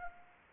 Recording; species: mosquito wingbeat signal from an infrared sensor; Anopheles arabiensis